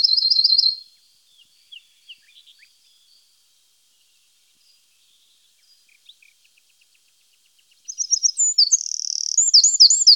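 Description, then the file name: Eurasian wren song: a trill cut off at the start, soft scattered chips through a long quiet middle, then a loud rapid burst of high trills and warbles. "Zaunkoenig"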